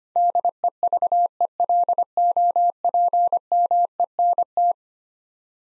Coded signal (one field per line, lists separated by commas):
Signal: Morse code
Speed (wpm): 25 wpm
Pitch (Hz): 700 Hz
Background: none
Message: DEVELOPMENT